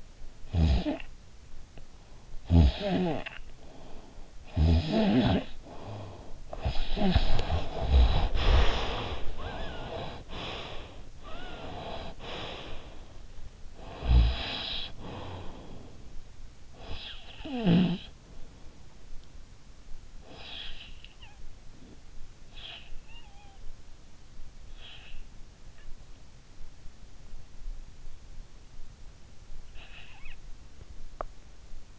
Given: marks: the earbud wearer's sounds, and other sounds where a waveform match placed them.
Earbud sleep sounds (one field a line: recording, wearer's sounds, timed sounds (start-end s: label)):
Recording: sounds in sleep by an in-ear microphone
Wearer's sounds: snoring breath, breath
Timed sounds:
0.00-9.31 s: snoring breath
9.31-13.62 s: breath
13.62-18.50 s: snoring breath
20.23-25.59 s: breath
29.53-31.23 s: breath